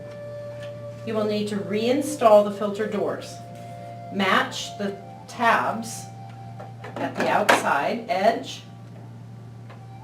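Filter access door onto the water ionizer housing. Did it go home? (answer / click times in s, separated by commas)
no / none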